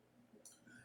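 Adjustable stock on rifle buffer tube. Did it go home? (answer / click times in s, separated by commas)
yes / 0.5 s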